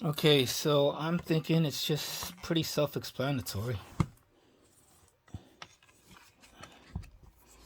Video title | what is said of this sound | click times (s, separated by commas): Fintie Hard Shell Cover Case For The Lenovo Yoga Tab 13. The Only Case For The Yoga Tab 13? | And you guys can hear that, right? It snapped into place. | 5.6 s